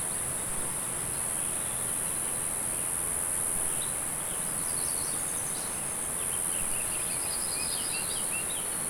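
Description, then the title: A cicada drones in a continuous high, steady buzz throughout, with faint brief chirps in the second half over a background hiss. "neoscenes: cicadas and more"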